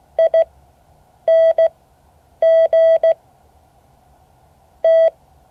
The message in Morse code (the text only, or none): ING T